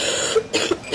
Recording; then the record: coughing mixed with background sound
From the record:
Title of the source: 55 gaggy wet cough